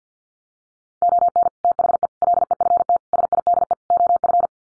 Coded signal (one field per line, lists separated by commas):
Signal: Morse code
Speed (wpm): 50 wpm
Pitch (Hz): 700 Hz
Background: none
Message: ON THE LEFT SIDE OF